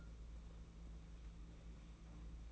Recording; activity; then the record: daily activity, microphone in the room; take from stove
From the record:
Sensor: 1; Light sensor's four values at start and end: 21/74/29/29 and 21/74/29/29